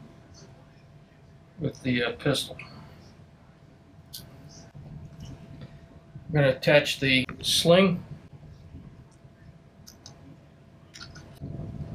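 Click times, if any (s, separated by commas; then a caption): none. Someone talks while handling a metal quick-detach sling swivel at its sling mount socket on a Sig Sauer MPX pistol, holding the release button in to attach the sling. Short, faint handling ticks are heard between the talking, but nothing has seated or clicked yet.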